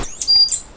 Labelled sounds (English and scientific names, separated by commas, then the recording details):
Stitchbird (Notiomystis cincta) song
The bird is a male
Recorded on Tiritiri Matangi Island, New Zealand, in 2005
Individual 9, of nest box 11